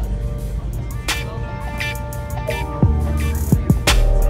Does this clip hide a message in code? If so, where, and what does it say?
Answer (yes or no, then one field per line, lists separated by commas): no